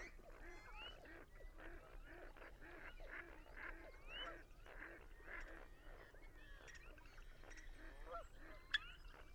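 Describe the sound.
Birds chattering as a flock, a soft, continuous wash of overlapping honks and rising squeals, fairly even in loudness, with one brief sharp tap near the end.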